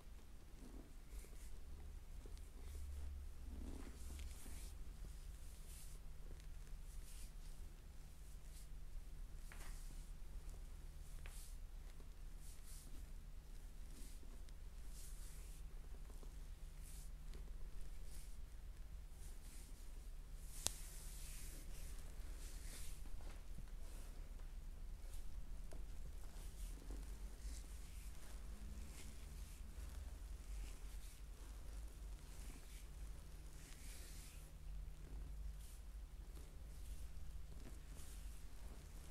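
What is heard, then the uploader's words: A neck, head and scalp massage: frequent soft rustling and scratchy brushing strokes over a steady low hum that runs throughout. ASMR neck, head and scalp massage.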